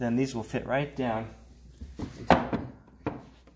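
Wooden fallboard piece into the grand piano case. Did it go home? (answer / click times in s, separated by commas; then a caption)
yes / 3.1 s. A wooden fallboard piece is lowered into a Steinway grand piano case and jiggled slightly while someone talks. Small knocks and shuffles follow, then a sharp click at 3.1 s as the fallboard seats in place.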